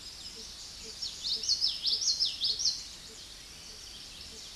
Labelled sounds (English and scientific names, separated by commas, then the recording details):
Common Yellowthroat (Geothlypis trichas) song
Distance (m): 20 m
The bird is about 15 m above the microphone
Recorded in a Pennsylvania forest on 16 May 2024 at 08:20
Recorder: AudioMoth, point MSD-2061
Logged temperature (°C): 16.1 °C
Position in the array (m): 236 m, 173 m